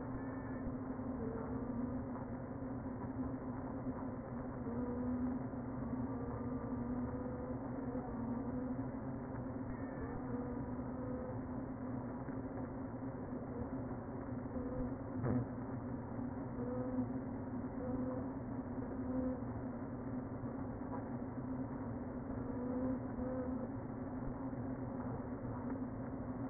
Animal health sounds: honeybee colony, microphone inside the hive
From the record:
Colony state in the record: queen present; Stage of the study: before two queens were removed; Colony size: about 60,000 bees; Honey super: yes

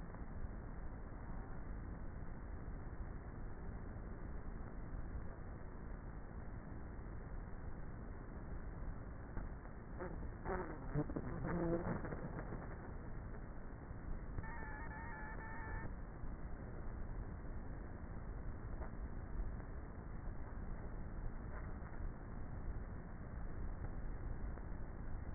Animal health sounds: honeybee colony, microphone inside the hive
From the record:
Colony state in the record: queenless with a low population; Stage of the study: before two queens were removed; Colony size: about 30,000 bees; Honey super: no

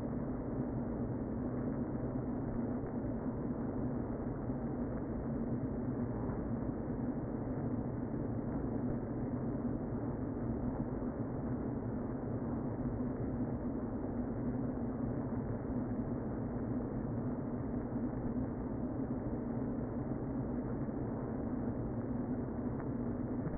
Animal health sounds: honeybee colony, microphone inside the hive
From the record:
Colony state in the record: queen present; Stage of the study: before two queens were removed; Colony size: about 60,000 bees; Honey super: yes

